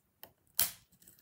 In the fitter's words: okay a click was there now we have to go to the other side and do the same